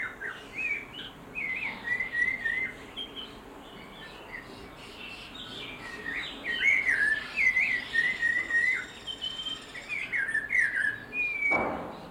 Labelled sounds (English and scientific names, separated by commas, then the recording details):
Snowy-crowned Robin-Chat (Cossypha niveicapilla)
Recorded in captivity
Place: Zoo Berlin, Berlin, DE
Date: 1992-07-11 10:38
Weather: bedeckt, z.T. Regen, 17-22°C
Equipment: Marantz CP 430, Sennheiser ME 80, Kopie Tesla B 116
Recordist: Tembrock, Günter
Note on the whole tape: "Gesang" - komplexe Lautfolgen, Abstand ca. 1,5m